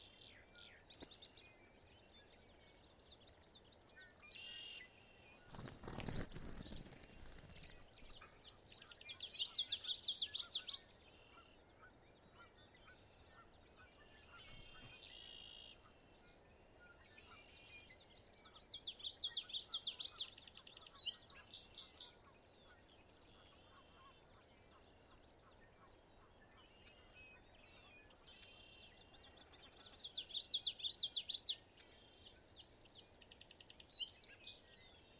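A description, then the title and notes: Morning wetland birdsong comes in bright, buzzy bursts roughly every ten seconds, with a sharp loud thump near six seconds over a faint low hum. Okanogan Wetland Morning. It was a cool, crisp Spring morning, but the life and voices of the marsh and lake were as active as always. The wind was light, and the cool air helped project voices across the lake. I was delighted to hear a Brewer's Blackbird, a shy cousin of the Red-winged, popping in and out of the mix.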